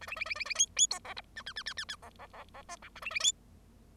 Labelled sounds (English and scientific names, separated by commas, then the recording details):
Bengalese Finch (Lonchura striata domestica) song
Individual Bird0